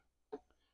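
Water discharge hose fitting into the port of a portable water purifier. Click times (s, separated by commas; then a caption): 0.3 s. A plastic water discharge hose fitting is pushed into its port on an ITEHIL LiFePO4-powered portable reverse osmosis drinking water purifier. A sharp snap lands at 0.3 s, followed by a fainter tick around 0.5 s, and the fitting is seated in place.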